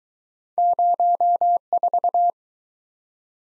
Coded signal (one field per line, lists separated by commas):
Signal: Morse code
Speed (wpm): 23 wpm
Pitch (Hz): 700 Hz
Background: none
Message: 04